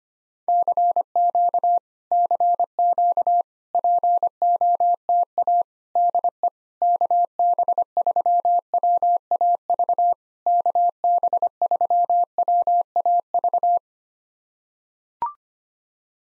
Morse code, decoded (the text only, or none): CQ CQ POTA DE KB3WAV KB3WAV